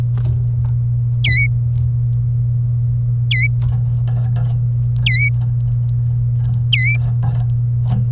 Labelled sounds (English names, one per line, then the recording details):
Domestic Canary song
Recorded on 27 April 2018 at 13:37
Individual llb3